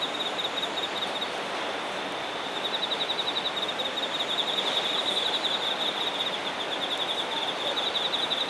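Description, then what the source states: Insect song, a quick high pulsed trill that swells after a quieter start, set against constant hissing ambient noise. Singing insects recorded in Shinagawa, Japan.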